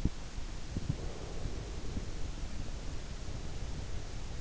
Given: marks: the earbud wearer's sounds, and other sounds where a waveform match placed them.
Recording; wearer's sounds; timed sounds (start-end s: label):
sounds in sleep by an in-ear microphone; breath
0.69-4.06 s: breath